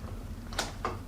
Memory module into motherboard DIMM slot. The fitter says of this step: push it down there we go you hit it click now to this side now